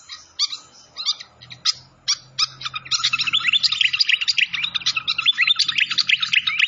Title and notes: Masteran Sikatan Kipas Suara Jernih Dan Suara Gemericik Air. Suara Burung Sikatan Londo